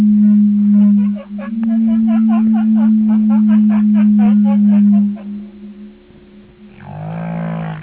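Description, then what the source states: Whale calls in a fast series of short, harmonic, downward-sweeping notes for about five seconds, then a brief harmonic moan, with a constant low hum underneath. Whale sonar.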